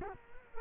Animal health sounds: mosquito wingbeat signal from an infrared sensor; Culex quinquefasciatus

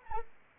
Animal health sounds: mosquito wingbeat signal from an infrared sensor; Anopheles arabiensis

